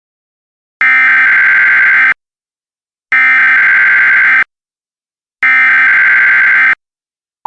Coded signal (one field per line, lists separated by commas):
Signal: Emergency Alert System (SAME) tones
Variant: header bursts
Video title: EAS Mock Scenario - Hell On Earth